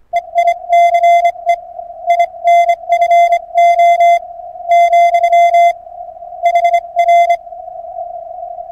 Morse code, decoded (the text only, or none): EI CE INFO, HR